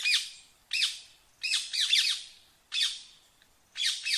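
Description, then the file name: Rose-ringed parakeet uttering loud, grating screeches in short bursts, some doubled, separated by brief gaps of roughly a second. "Canto do periquito indiano"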